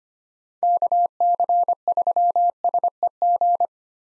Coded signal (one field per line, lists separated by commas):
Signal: Morse code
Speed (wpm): 25 wpm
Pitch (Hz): 700 Hz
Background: none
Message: KC3SEG